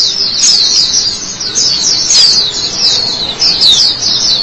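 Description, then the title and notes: White-eye song: a dense, continuous high twittering of quick descending and rising notes, running almost without pause throughout. White-eye chirping song. "Suara kicauan burung pleci"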